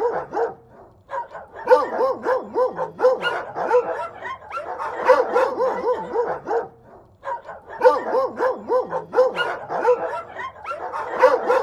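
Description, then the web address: Dogs barking and yelping: several dogs in overlapping, rapid, excited barks with wavering whiny tones, continuous chorus with two brief lulls. "Annie sounds dogs barking"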